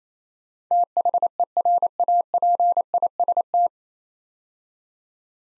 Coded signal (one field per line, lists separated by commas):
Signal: Morse code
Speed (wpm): 27 wpm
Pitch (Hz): 700 Hz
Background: none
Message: THERAPIST